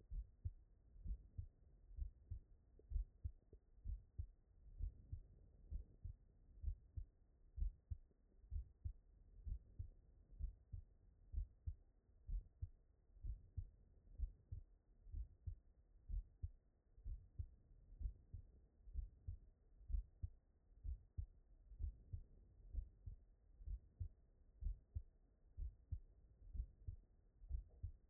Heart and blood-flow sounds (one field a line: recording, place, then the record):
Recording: heart sounds by stethoscope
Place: tricuspid valve (TV)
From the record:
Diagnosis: non-HFrEF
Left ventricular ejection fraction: 72%